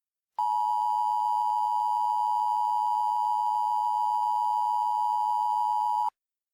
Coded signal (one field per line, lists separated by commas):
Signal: Emergency Alert System (SAME) tones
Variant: 853 and 960 Hz attention tone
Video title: EAS Mock 10: Visibility Zero